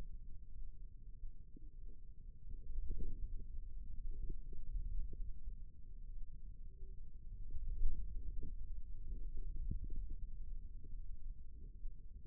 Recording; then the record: forearm muscle sounds (acoustic myography)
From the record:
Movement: radial deviation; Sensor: system 2, bracelet of six BSWA MPA416 microphones around the upper forearm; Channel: 4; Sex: female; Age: 25 years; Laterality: right